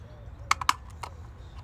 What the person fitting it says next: So you wanna make sure it's secure, you'll hear it click.